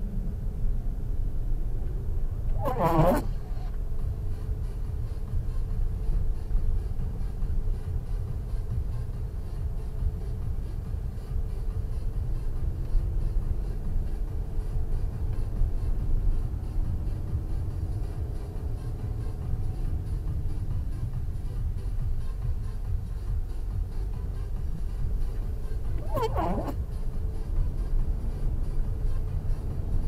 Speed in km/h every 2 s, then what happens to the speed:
22, 24, 25, 25, 21, 23, 25, 26, 31, 32, 23, 17, 20, 27, 33.
0-9 steady at about 24. 9-18 speeds up to 32. 18-21 brakes to 17. 23-30 speeds up to 33.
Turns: none.